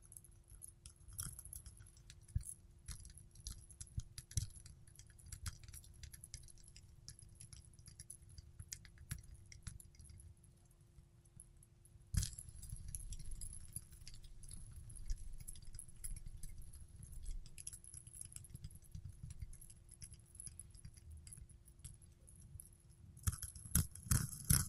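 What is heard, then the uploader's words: A fidget spinner is tapped and handled in scattered light metallic clicks over a low rumble and steady faint hum, busier near the end. ASMR Fidget Spinner Sounds Tapping and Spinning.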